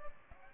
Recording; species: mosquito wingbeat signal from an infrared sensor; Aedes aegypti